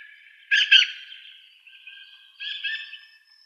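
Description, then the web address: Dusky thrush calls: a loud harsh chattering burst near the start, a thin drawn-out note, then a second scratchy burst about two seconds later; otherwise quiet. "Schulze Peter Dusky Thrush"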